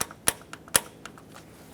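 A torque wrench set to 62 inch-pounds tightens the ignition coil mounting bolt on a 2012-2018 Nissan Altima 2.5L. Two sharp, bright clicks ring out at 0.3 s and 0.8 s, with fainter ticks around them. The wrench clicks at its setting, and the bolt is torqued to spec.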